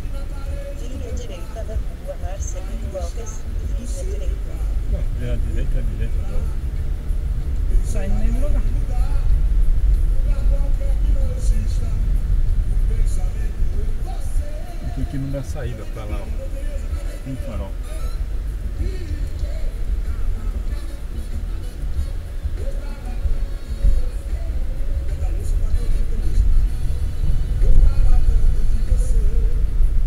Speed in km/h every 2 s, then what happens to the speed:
12, 13, 19, 26, 29, 28, 17, 7, 8, 10, 7, 8, 16, 22, 24.
2-8 speeds up to 29. 10-14 brakes to 7. 14-22 steady at about 8. 22-25 speeds up to 22.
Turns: 13-18.